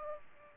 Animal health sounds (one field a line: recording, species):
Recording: mosquito wingbeat signal from an infrared sensor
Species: Aedes aegypti